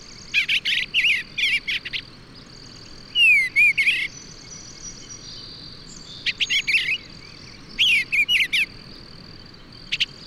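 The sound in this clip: Bird song with clipped chirp bursts and a downslurred whistle, phrases separated by short pauses, accompanied by a persistent high insect-like hum.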